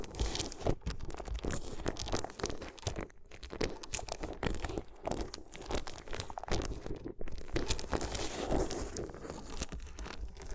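Paper being crumpled, crinkled and torn in a dense, continuous stream of sharp crackling bursts that reach from low rustle up to bright high edges. The activity briefly thins around three seconds and again near seven seconds before resuming at full density.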